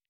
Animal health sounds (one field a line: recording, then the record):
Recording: hydrophone in a shrimp aquaculture tank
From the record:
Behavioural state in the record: starved